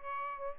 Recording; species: mosquito wingbeat signal from an infrared sensor; Aedes aegypti